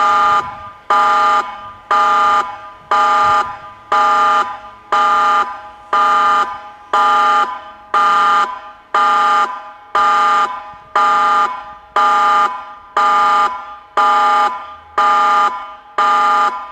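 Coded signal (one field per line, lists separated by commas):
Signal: siren signal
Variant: Meerkat electronic siren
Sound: harsh buzzing electronic siren tone pulsing on and off about once per second, steadily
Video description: Part 2 of 3 with the signal "TSUNAMI ALERT". Signal: Pulsating continuous tone Duration: 105 sec. Meaning: Danger of a tsunami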